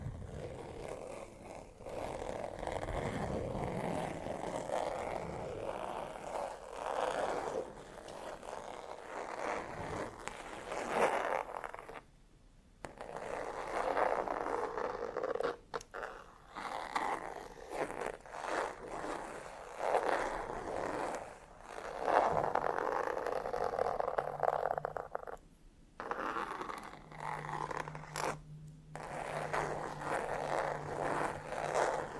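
Fingers scratch and drag across textured leather in a dense, continuous rasp of fine, crackly strokes, mostly in the mid and upper range. Brief silent gaps fall near 12, 26 and 28 seconds, and a faint low steady hum enters after about 24 seconds.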